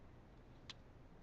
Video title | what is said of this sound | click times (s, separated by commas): Trach Care-Brittany M | it clicks so it's in place. | 0.7 s